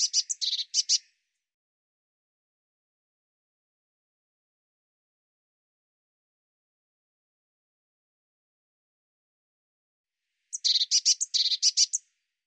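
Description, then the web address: Eurasian blue tit churring call in two short buzzy chatters, each a rapid run of harsh notes, separated by about nine seconds of silence. "cianscape birddata Deverinetal 2025 File cleaned normalized Bird Cy Ca"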